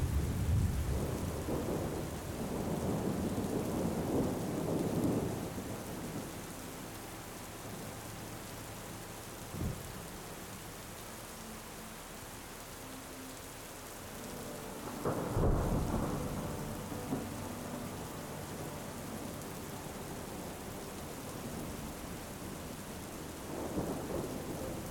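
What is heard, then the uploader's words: Steady rain hisses throughout, with deep thunder rumbles rolling in during the first five seconds, a short crack near ten seconds, and a louder burst around fifteen seconds, then another near the end. Soft, sustained tones of gentle music sit quietly underneath. Melding soothing thunder rumbles and delicate melodies. The reassuring sound of the storm and the gentle music.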